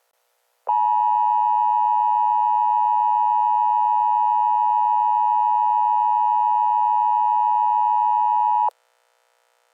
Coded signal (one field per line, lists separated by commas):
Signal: Emergency Alert System (SAME) tones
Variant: 853 and 960 Hz attention tone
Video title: EAS Mini Scenario - Keppler